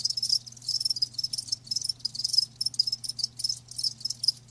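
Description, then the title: Crickets chirping in a dense high-pitched chorus, pulsing in quick bursts with short gaps, over a faint low steady hum. Crickets chirping with a lulling song. "Live Crickets Chirping"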